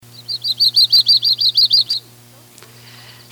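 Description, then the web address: Yellow-rumped warbler song: a quick, even trill of about a dozen slurred notes lasting under two seconds, over a steady low hum. Radio recording dated 2 May 1988. "radio 1988-05-02 Yellow-rumped Warbler"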